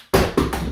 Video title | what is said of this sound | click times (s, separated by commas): RUIERS Walkers for Seniors, Foldable Rolling Walker with Removable Wheels, Worth Buying? | But this way, it'll click, pop it back, fold it into place, and there you go. | 0.4 s, 0.5 s